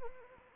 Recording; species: mosquito wingbeat signal from an infrared sensor; Anopheles arabiensis